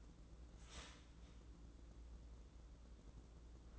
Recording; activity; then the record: daily activity, microphone in the room; start toaster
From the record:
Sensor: 3